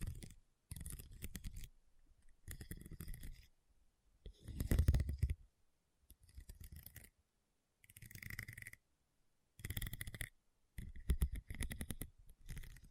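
Rhinestones are tapped and scratched in short bursts of gritty crackling, each lasting about a second, separated by brief silences throughout.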